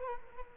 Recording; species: mosquito wingbeat signal from an infrared sensor; Culex quinquefasciatus